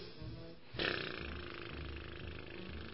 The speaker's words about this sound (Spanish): De ahí tenemos lo que se llama la vocalización, que es respirando y botando el aire por los labios. Tienes que juntarlos y dejar que salgan como si fueras un motor, así.